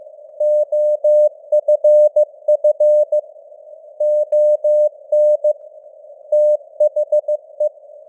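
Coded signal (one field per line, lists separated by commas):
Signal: Morse code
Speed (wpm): 15 wpm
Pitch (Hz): 600 Hz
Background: none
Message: OFF ON THE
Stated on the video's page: News headlines in Morse at 15 wpm with simulated radio noise and varying signal strength (QSB).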